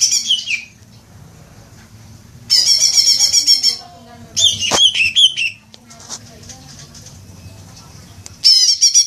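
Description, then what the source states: Leafbird bursts of fast trilled chatter, each a second or so long, separated by quieter pauses with a sharp click midway. Indonesian name cucak ijo; bird described as gacor, singing actively and vigorously.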